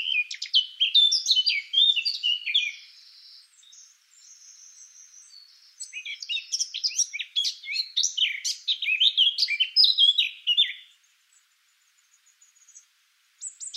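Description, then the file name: Eurasian blackcap singing a rich, fast warble of varied chattering and fluty notes, pausing briefly midway before a second burst, then a short phrase at the end. "Sylvia atricapilla"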